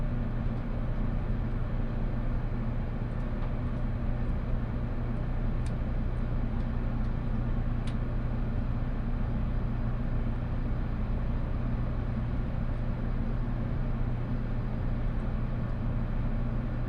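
A limited express train on the Omura and Sasebo lines runs steadily, heard as a constant low rumble with a deep hum around the bass. The level stays even throughout, with a few faint high ticks and clicks near six and eight seconds.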